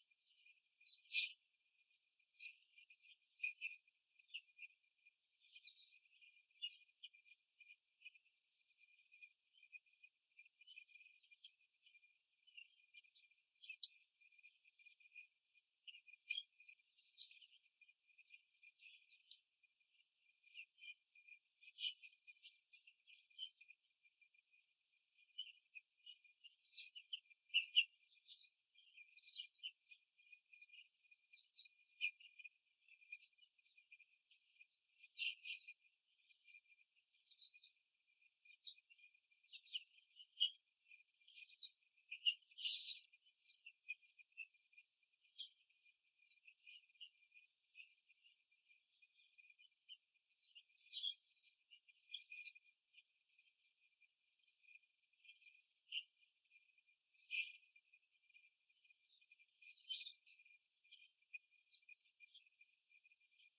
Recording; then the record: young laying hens in a cage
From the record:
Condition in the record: before the stressor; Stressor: simulated dog barking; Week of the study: 3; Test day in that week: 1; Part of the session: 1